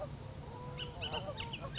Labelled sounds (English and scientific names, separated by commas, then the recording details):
Bullock's Oriole (Icterus bullockii)
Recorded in Sonoma County, California